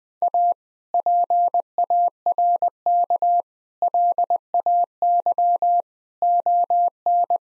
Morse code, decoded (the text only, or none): A PARK LAY ON